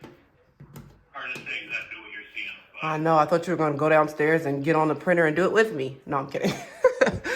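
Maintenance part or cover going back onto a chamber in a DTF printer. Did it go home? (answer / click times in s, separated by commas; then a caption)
no / none. A maintenance part or cover is being put back on over a small chamber in a DTF printer during maintenance, and it is hard to fit. Someone talks while a few faint handling knocks are heard, with two sharper ones near the end. The part has not seated or clicked into place yet when the clip ends.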